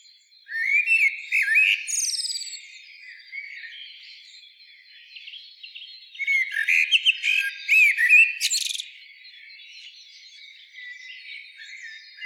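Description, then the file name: Common blackbird singing two fluted, warbling phrases about five seconds apart, each ending in a thin, squeaky high twitter, over a steady faint high background hiss. "Turdus merula"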